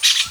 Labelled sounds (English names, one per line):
Brown-throated Parakeet contact call